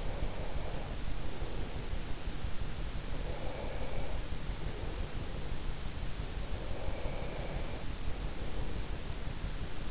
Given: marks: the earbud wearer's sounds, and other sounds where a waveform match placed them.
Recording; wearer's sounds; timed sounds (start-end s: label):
sounds in sleep by an in-ear microphone; breath
0.00-2.06 s: breath
3.62-5.43 s: breath
6.46-8.92 s: breath